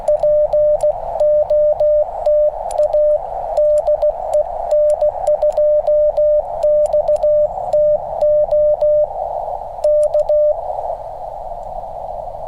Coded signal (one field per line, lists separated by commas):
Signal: Morse code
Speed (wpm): 16 wpm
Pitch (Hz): 600 Hz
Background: radio noise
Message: POTA DE N2XTO K